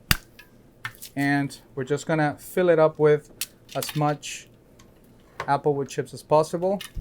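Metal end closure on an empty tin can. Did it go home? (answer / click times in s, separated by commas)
yes / 0.1 s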